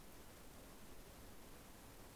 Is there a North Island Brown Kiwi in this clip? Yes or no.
no